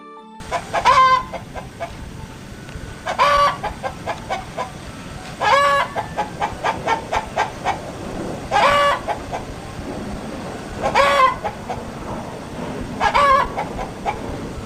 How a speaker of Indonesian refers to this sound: Iya benar, tadi adalah suara ayam.